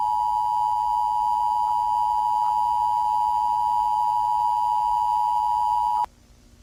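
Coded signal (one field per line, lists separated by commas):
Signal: Emergency Alert System (SAME) tones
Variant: 853 and 960 Hz attention tone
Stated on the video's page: Fictional EAS scenario.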